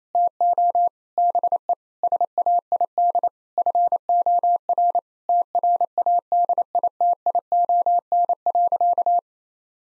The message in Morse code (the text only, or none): TO BE SAID FOR TRADITION.